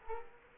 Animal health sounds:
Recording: mosquito wingbeat signal from an infrared sensor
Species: Culex quinquefasciatus

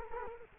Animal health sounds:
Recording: mosquito wingbeat signal from an infrared sensor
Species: Culex quinquefasciatus

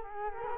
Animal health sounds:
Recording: mosquito wingbeat signal from an infrared sensor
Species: Culex quinquefasciatus

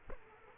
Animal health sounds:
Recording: mosquito wingbeat signal from an infrared sensor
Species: Culex quinquefasciatus

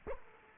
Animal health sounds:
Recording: mosquito wingbeat signal from an infrared sensor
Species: Culex quinquefasciatus

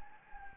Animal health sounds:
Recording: mosquito wingbeat signal from an infrared sensor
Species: Anopheles gambiae

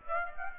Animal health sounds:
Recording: mosquito wingbeat signal from an infrared sensor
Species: Aedes aegypti

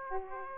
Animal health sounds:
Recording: mosquito wingbeat signal from an infrared sensor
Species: Aedes aegypti

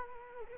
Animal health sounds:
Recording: mosquito wingbeat signal from an infrared sensor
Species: Culex quinquefasciatus

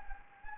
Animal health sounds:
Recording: mosquito wingbeat signal from an infrared sensor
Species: Anopheles gambiae

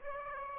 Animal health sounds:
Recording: mosquito wingbeat signal from an infrared sensor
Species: Aedes aegypti

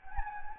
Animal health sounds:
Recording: mosquito wingbeat signal from an infrared sensor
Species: Anopheles gambiae

